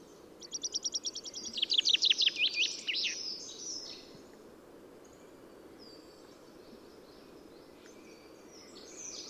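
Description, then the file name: Common chaffinch song: a rapid run of repeated notes that descends and closes with a flourish, followed by quieter bird calls and background hiss. "Fringilla coelebs"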